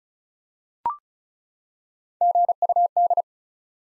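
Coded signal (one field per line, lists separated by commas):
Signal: Morse code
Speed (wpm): 36 wpm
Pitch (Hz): 700 Hz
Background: none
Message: GUD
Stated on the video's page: Head-copy drill of common QSO elements at 35 wpm; each element is sent in Morse, spoken, then sent again.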